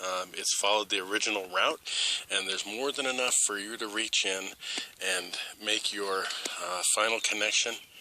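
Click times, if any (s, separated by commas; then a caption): none. Someone talks while handling the wiring of an aftermarket towing mirror on a 2003 Ford F-150 SuperCrew, with the mirror's wire fed along its original route and plenty of slack to reach in for the final connection. The wire harness plug is about to be pushed into the truck's door wiring connector, but nothing has seated or clicked yet.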